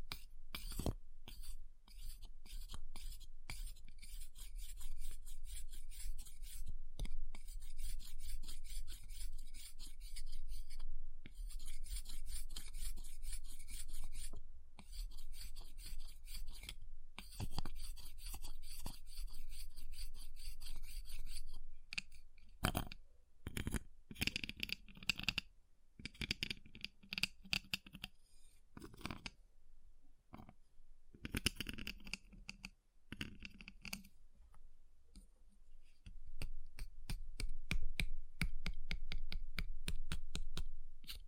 Ice Tapping, Scratching, Carving Sounds